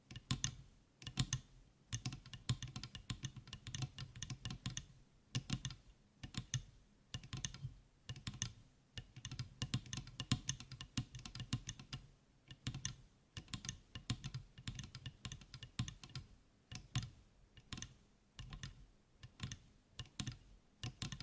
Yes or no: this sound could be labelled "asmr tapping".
yes